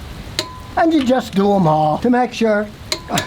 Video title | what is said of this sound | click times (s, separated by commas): I Have to Share This Secret Before I Retire | so 76 turned it to 76 and you tighten them until they click so we'll put it on the ground now the wheel won't spin so we'll click | 0.4 s